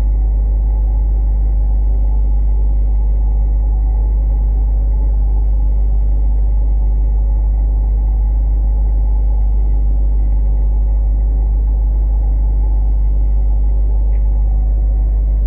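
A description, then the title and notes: A steady, deep tone recorded in a home in Sussex, holding unchanged for the whole fifteen seconds with a dense rumbling layer above it. Nothing bright sits on top; only a faint tick breaks the drone around fourteen seconds. Five tones recorded before dismantling a home in Sussex.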